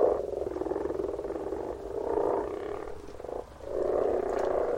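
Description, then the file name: Several frogs croaking in throaty, pulsing runs, the sound easing off briefly just past three seconds before a strong new burst. "Frogs - Frog voises Sounds captured"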